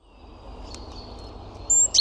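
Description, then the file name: Great tit call: a thin, very high whistled note, then a short, sharp, slightly lower tone right at the end. "Parus major"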